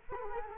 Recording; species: mosquito wingbeat signal from an infrared sensor; Culex quinquefasciatus